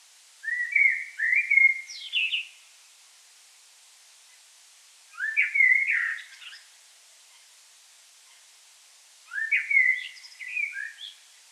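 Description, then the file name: Common blackbird song in three separate phrases, each a warm whistled warble ending in a scratchy high flourish, spaced about four seconds apart. "Turdus merula"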